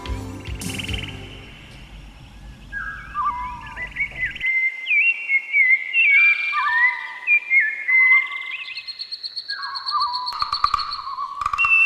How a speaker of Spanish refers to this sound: ustedes se preguntarán, esos pajaritos, todos muy tropicales, y aunque es la música de río